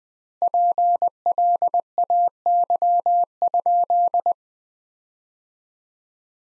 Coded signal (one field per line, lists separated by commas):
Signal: Morse code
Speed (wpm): 20 wpm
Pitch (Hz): 700 Hz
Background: none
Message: PLAY?